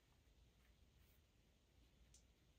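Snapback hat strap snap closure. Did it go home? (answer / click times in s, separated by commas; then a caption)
no / none. The plastic snap closure on the back strap of a snapback hat is handled before being snapped shut. Only low, steady background noise and faint handling sounds are heard. Nothing has snapped or seated yet.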